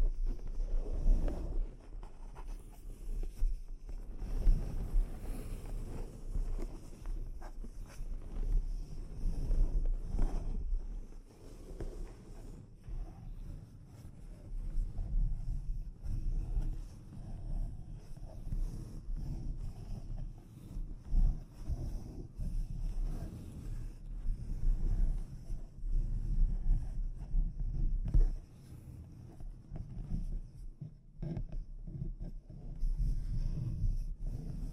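Soft scratching and tapping on a microphone, a dense low rumbling rustle with faint sharp ticks scattered throughout and a thin steady high whine.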